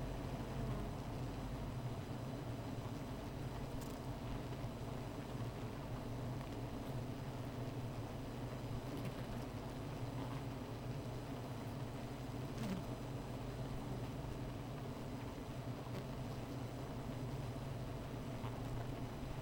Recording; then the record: honeybee colony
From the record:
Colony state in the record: missing queen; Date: 14 July 2017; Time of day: 16:05